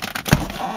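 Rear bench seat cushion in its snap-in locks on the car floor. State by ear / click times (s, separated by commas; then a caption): released / 0.3 s. The front of the rear bench seat cushion in a BMW E36 is lifted straight up, freeing it from the snap-in locks on either side that hold it to the car floor. A couple of faint knocks come first, then a sharp, low-heavy snap at 0.3 s as the lock releases. The cushion is freed.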